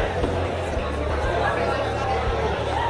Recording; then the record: background sound without coughing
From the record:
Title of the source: CITY SOUNDS Busy Bar in the Evening Night - 2 HOURS of Ambiance for Relaxation